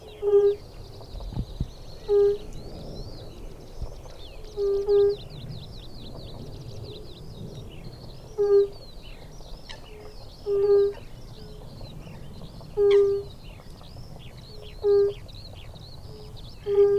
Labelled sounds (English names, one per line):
Fire-Bellied Toad call